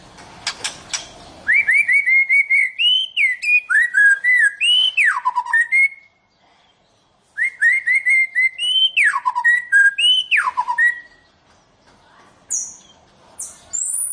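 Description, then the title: White-rumped shama song: rich whistled notes swooping up and down in fast runs, two long bursts separated by a brief pause, ending with high thin notes. "Kicau Murai Batu"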